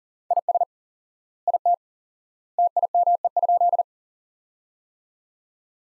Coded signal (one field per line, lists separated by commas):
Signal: Morse code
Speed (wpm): 40 wpm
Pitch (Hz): 700 Hz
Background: none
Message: IS IT TIME?